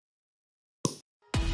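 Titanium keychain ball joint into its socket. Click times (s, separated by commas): 0.8 s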